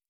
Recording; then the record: hydrophone in a shrimp aquaculture tank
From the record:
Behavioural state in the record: stressed